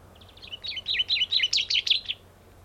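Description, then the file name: Common chaffinch song: a quick phrase of bright chirping notes, loudest toward the end, over a faint low hum. "Fringilla coelebs"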